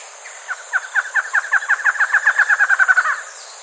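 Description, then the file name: Bird producing a series of short pulsed notes that builds into a louder, dense trill for nearly three seconds, then stops, over a constant high-pitched hum. "SABIOD 50 bird 2015"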